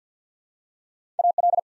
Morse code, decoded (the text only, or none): AL